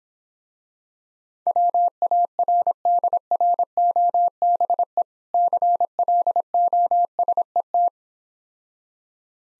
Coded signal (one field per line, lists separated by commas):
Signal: Morse code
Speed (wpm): 26 wpm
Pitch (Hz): 700 Hz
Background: none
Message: WARDROBE CLOSET